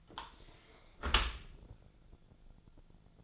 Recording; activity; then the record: daily activity, microphone in the room; close dishwasher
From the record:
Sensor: 5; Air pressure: 1000.6 hPa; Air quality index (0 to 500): 154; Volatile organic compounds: 2 ppm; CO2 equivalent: 1182 ppm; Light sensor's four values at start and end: 42/96/41/44 and 41/94/40/44